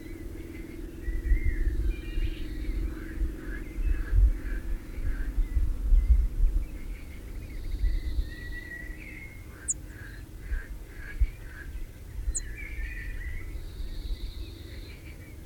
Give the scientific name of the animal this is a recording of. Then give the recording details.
Emberiza cirlus. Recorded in the wild. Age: juvenile. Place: Melnik, Sofia, BG. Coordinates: 41.525, 23.392. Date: 1974-05-22. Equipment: Nagra III BH, Sennheiser MD 21, parabola. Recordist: Schubert, Michael